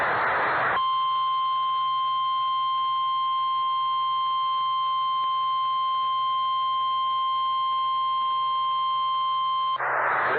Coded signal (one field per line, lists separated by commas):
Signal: Emergency Alert System (SAME) tones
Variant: 1050 Hz attention tone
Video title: KBIF Did a Weird Sound (EAS #22449-22486) 9/10/24